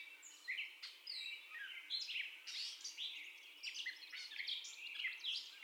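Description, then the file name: Gray catbird singing a continuous jumble of squeaky, scratchy notes and short whistles, phrases changing constantly without repeating a pattern. Catbird's first song, 30 May 2021, 04:48. "2021-05-30 Catbird First Song"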